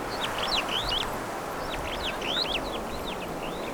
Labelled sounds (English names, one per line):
Superb Starling flight call